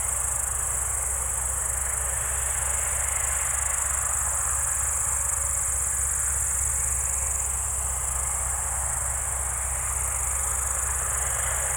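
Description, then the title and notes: Crickets keep up a continuous high buzzing chorus while an engine rumble fills the low range. Evening crickets at Spalona Pass, Bystrzyckie Mountains, Poland, 18 July 2024 around 19:00; old tractor mowing grass in the village below audible. "Spalona 6, 57-516, Polska - Spalona Pass - crickets and haymaking. Przełęcz Spalona w Górach Bystrzyckich. wieczorne świerszcze"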